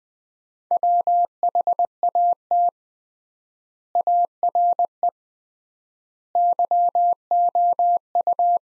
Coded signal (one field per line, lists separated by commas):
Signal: Morse code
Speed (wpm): 20 wpm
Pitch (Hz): 700 Hz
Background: none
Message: WHAT ARE YOU